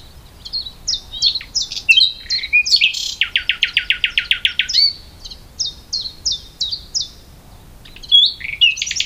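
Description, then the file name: Common nightingale delivering sharp repeated chip notes, then a loud rapid rattle of pulses, followed by more evenly spaced chips and brief whistled flourishes. "Luscinia megarhynchos"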